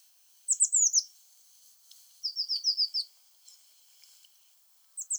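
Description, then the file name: Blue tit calls in quick high chittering groups of descending notes, several short bursts with faint background hiss between them. "Cyanistes caeruleus"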